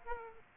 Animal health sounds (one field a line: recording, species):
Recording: mosquito wingbeat signal from an infrared sensor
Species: Aedes aegypti